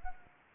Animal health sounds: mosquito wingbeat signal from an infrared sensor; Anopheles arabiensis

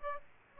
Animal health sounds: mosquito wingbeat signal from an infrared sensor; Aedes aegypti

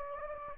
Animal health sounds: mosquito wingbeat signal from an infrared sensor; Anopheles gambiae

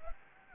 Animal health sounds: mosquito wingbeat signal from an infrared sensor; Anopheles arabiensis

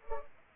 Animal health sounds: mosquito wingbeat signal from an infrared sensor; Culex pipiens

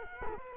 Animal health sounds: mosquito wingbeat signal from an infrared sensor; Culex quinquefasciatus

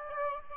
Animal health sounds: mosquito wingbeat signal from an infrared sensor; Aedes aegypti

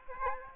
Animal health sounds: mosquito wingbeat signal from an infrared sensor; Aedes aegypti

